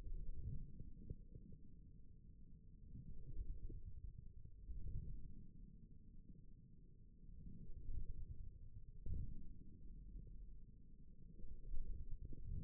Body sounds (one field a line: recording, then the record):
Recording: forearm muscle sounds (acoustic myography)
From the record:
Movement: forearm supination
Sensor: system 1, eight BSWA MPA416 microphones around the upper forearm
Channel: 1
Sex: male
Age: 41 years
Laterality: right